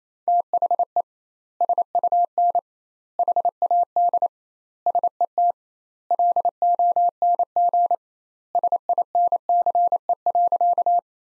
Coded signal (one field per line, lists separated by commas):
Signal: Morse code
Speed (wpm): 28 wpm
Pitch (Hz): 700 Hz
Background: none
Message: THE SUN HAD SET LONG SINCE.